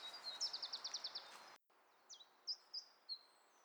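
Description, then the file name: Iberian chiffchaff singing a quick high trill, then a few separate sharp high notes. "iberischer zilpzalp"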